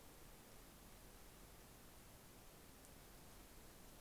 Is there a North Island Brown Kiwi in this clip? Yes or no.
no